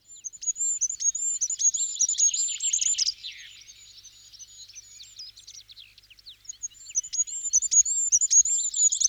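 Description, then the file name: Goldcrest song: thin, shrill high notes mixed with busy lower twittering, growing fainter in the middle before a fresh phrase begins. "kosmos 93 wintergoldhaehnchen"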